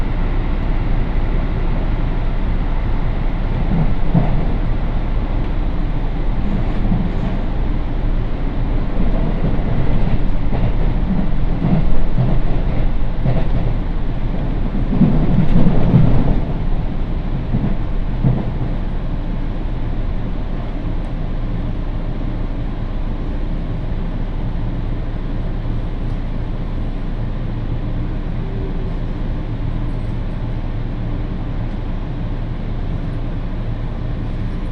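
A train journey on the Tokaido Main Line: a steady, heavy rumble of the train in motion fills the whole clip, low and dense. Between about 4 and 18 seconds the sound grows busier and slightly louder with knocks and rattles, then settles back to an even drone.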